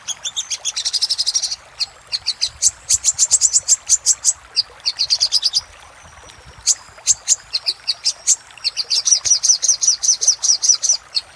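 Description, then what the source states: Little spiderhunter song of rapid high chip notes in long runs with pauses, a faint whistled note, ending in a fast chattering burst. Used for training cage birds.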